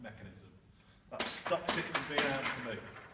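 The outrigger (stabiliser leg) of a tallescope access platform is handled near its locking bracket on the base frame, the lock that stops it from coming off. Someone talks throughout, over a few short handling noises from about 1.2 seconds on. Nothing has seated or clicked yet.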